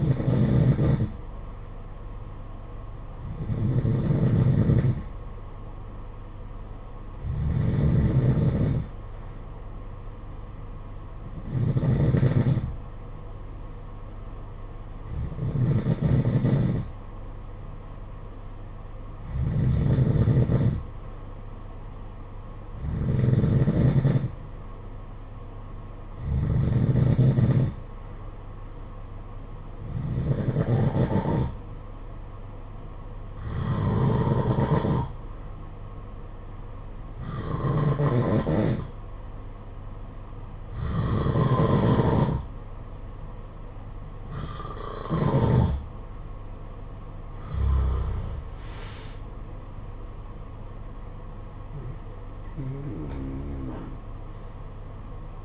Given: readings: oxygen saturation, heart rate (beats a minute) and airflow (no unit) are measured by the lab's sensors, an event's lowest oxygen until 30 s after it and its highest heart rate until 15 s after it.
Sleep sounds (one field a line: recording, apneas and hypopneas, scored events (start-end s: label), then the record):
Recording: breathing in sleep by a smartphone at the bedside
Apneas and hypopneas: 1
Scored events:
32.00-48.70 s: hypopnea (N2, oxygen 92% highest, then 91% lowest, heart rate 58 at the start, 75 highest)
From the record:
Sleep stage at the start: N2 (light sleep)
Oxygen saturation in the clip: 91 to 92%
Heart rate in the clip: 53 to 75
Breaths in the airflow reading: 14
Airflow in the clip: -13.3 to 22.4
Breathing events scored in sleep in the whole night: 476 in 9.7 hours asleep